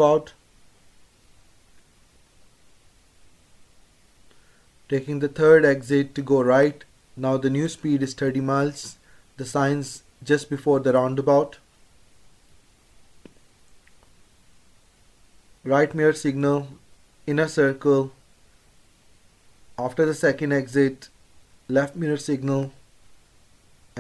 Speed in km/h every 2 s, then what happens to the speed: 24, 19, 16, 11, 16, 16, 16, 15, 16, 19, 19, 21.
0-5 slows to 11. 5-15 steady at about 16. 15-24 speeds up to 21.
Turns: 10-19.